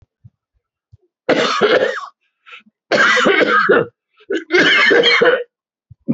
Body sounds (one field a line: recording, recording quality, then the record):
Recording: heavy voluntary cough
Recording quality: excellent, no background noise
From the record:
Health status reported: healthy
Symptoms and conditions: hypertension, diabetes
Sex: male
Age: 57 years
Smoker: not ticked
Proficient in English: yes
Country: India